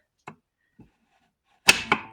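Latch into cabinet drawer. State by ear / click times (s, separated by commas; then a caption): seated / 1.7 s, 1.9 s. A drawer latch with a small piece of rubber added to its tip snaps into a cabinet drawer. Two faint taps come at about 0.3 s and 0.8 s, then two sharp clicks at 1.7 s and 1.9 s, with a short ringing tail. The latch seats, and it is much quieter than it was without the rubber.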